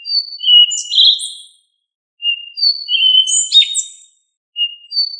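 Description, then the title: Thrush song with whistled phrases and sliding high notes, repeated after short gaps. "Familia Turdidae - Sabia"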